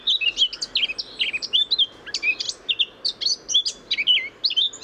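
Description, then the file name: Eurasian blackcap warbling steadily, a quick chattering string of scratchy and whistled high notes that barely pauses throughout. "Sylvia atricapilla"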